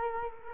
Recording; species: mosquito wingbeat signal from an infrared sensor; Culex quinquefasciatus